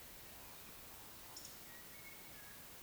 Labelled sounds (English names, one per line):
Eurasian Woodcock whistle